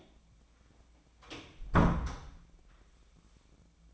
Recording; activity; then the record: daily activity, microphone in the room; close door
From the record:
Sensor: 1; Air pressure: 1009.3 hPa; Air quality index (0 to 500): 182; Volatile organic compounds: 3 ppm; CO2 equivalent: 1536 ppm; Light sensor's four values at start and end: 41/111/46/54 and 41/109/45/53